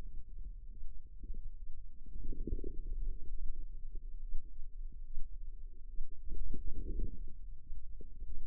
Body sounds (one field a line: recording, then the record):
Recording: forearm muscle sounds (acoustic myography)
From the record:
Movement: wrist flexion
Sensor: system 2, bracelet of six BSWA MPA416 microphones around the upper forearm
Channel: 1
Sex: female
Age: 25 years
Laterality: right